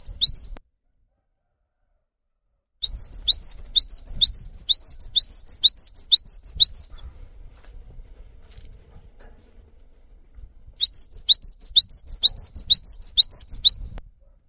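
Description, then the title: Cinereous tit song: bright repeated two-note whistled phrases in three bursts, rapid and rhythmic, separated by pauses, with faint low rumble beneath. Cinereous tit in active, frequent song; its long 'wucit' calls provoke other tits to join in and sing along. "GELATIK BATU GACOR WUCIT PANJANGNYA BIKIN GELATIK LAIN JADI TERPANCING UNTUK IKUT BUNYI"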